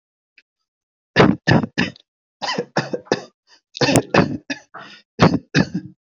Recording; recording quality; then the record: shallow voluntary cough; excellent, no background noise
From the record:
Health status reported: healthy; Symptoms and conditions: none ticked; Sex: male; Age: 44 years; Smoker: not ticked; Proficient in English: yes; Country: India